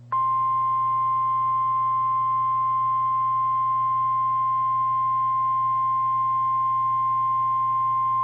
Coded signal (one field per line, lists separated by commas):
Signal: Emergency Alert System (SAME) tones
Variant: 1050 Hz attention tone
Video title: EAS Tornado Warning 4: Dallas area NWS 12/26/15